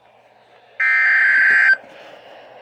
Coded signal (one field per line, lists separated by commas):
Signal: Emergency Alert System (SAME) tones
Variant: header bursts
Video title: HELPLESS - EAS Alerts from 3/14/24 to 3/15/24 #12-20